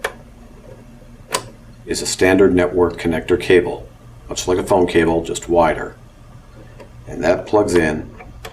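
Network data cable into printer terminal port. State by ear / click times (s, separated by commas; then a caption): not seated / none. A network data cable with an RJ45-style connector, like a phone cable but wider, is handled at the data port on the back of a point-of-sale printer/terminal while someone talks. Brief handling taps are heard around 0.1 s and 1.4 s. Nothing has seated or clicked yet.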